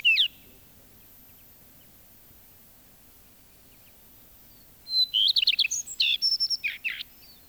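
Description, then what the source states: Common Redstart song: a short note at the start, then after a long pause a high clear note leading into repeated phrases and a varied twittering ending. Field recording from Finland, released on cassette in 1987.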